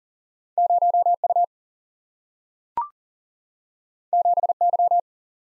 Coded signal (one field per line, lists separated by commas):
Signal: Morse code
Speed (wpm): 41 wpm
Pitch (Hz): 700 Hz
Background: none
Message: 0U 7Y